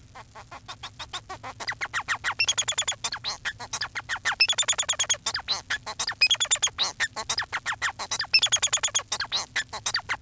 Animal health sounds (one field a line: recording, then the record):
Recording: song of a male Bengalese finch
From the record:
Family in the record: son of father 4